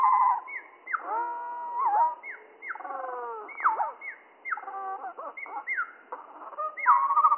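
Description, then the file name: Spotted flycatcher song, low and slowed: dense sequence of falling swoops, stepped sliding glides and rapid ticking notes, continuing without real pause. Slowed down three octaves, mono. "GOBE MOUCHE GRIS MOINS TROIS OCTAVES MONO"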